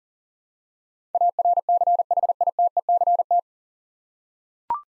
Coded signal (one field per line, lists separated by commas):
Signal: Morse code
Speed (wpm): 37 wpm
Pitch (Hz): 700 Hz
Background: none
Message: ARCHITECT